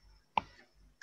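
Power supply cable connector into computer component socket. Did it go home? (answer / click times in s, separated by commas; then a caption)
yes / 0.4 s. A plastic power supply cable connector is pushed into its socket on a computer component during maintenance. A sharp click at 0.4 s shows it seating, and another sharp snap follows near the end of the clip.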